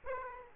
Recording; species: mosquito wingbeat signal from an infrared sensor; Aedes aegypti